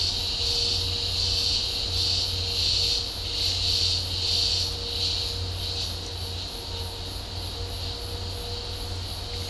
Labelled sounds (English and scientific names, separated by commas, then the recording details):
none
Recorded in dense forest near Puerto Asís, Putumayo, Colombia, on 26 December 2024 at 10:30
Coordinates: 0.503, -76.323
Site G043